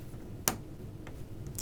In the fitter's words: there you heard it snap in